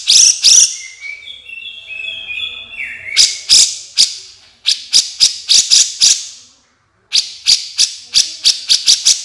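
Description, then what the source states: Horsfield's bush lark song: sharp, high chipping notes in quick bursts, with a drawn-out thin whistled phrase early on, then rapid repeated chips after a short pause. Masteran training recording for caged birds, described as very active singing (gacor).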